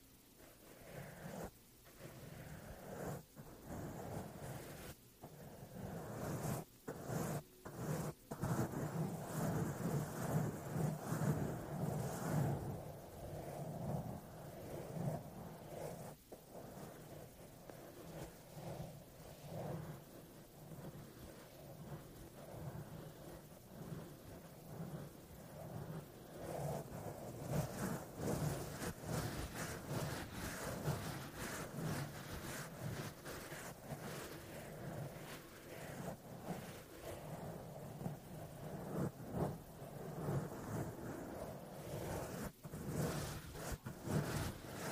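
Scratching and brushing against a foam mic cover, a dense, continuous rough rustle with a heavy low rumble underneath. Sharp scrapes and knocks break through throughout, clustered early on, while the texture swells and thins in uneven waves. No voices are heard.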